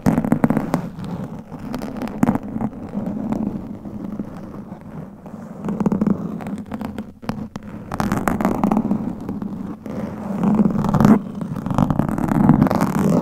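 Claws scratch and scrape against a microphone in a dense, continuous rasp, with a steady low rumble underneath. Sharp bright crackles and clicks burst through irregularly, clustering around two, six, eight and eleven seconds, and the scratching grows louder and busier toward the end.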